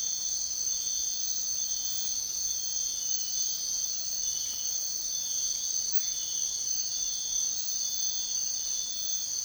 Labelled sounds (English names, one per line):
none